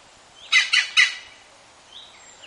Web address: green woodpecker